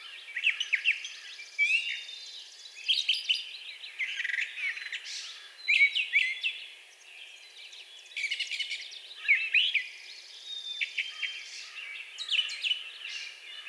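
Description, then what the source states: Brown thrasher singing a varied medley of sharp chirps, slurred whistles and buzzy notes in quick bursts, each group separated by short gaps. Recorded 4 June 2020.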